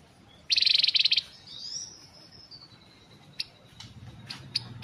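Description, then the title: Streaked spiderhunter song: a brief rapid, metallic rattle, then a thin drawn-out whistle that drifts slightly downward, followed by a few sharp clicks. Lively, long, clear singing, used to train birds. "Pijantung Gunung Gacor Jernih Panjang"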